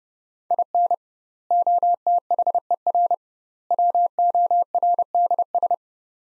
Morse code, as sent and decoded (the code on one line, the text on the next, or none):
.. -. / --- - .... . .-. / .-- --- .-. -.. ...
IN OTHER WORDS